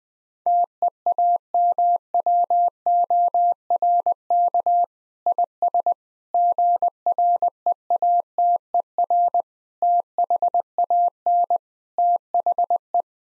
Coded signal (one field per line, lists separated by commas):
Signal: Morse code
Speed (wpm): 21 wpm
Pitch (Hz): 700 Hz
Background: none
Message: TEAMWORK IS GREATER THAN THE